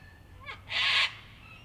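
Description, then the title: Sulphur-crested cockatoo giving one short, harsh, broad screech, preceded by a brief fainter note. Local cockatoos recorded in Canberra, Australia, on a typical evening in April 2020 during lockdown. "An Evening in Canberra (Feat. 500 Cockies)"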